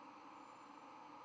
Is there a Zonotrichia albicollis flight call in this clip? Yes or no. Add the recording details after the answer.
no. No flight call is heard. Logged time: 05:34 on 5 November 2014